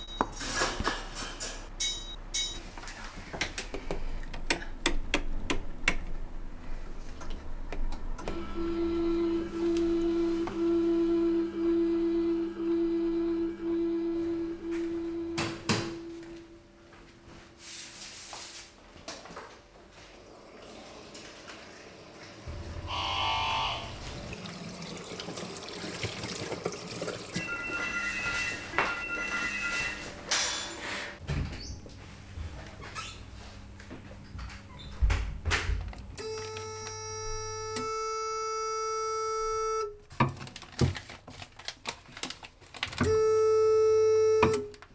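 Machines and instruments sound off one after another, with clicks, whirs and rattles. A steady electronic beep pulses from about 9 to 15 seconds, a bright whine flares near 18 seconds, and clusters of high beeping tones return after 36 seconds over a constant low hum.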